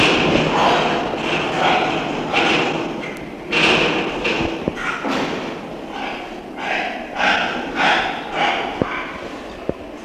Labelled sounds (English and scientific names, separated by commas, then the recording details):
Chimpanzee (Pan troglodytes)
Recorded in captivity
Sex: male
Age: adult
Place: Tierpark Berlin, Berlin, DE
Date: 1966-10-05
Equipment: Tesla Uran
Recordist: unbekannt, keine Angabe